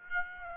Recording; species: mosquito wingbeat signal from an infrared sensor; Aedes aegypti